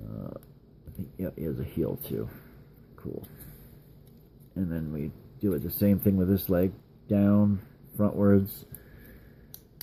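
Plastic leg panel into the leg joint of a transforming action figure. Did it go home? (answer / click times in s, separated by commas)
yes / 9.8 s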